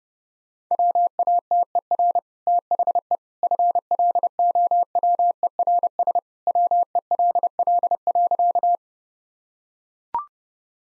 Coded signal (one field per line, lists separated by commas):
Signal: Morse code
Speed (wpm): 32 wpm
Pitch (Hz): 700 Hz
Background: none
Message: WATER THE FLOWERS WELL.